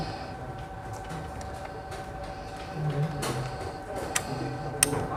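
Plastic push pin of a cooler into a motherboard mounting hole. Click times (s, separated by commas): 4.2 s, 4.8 s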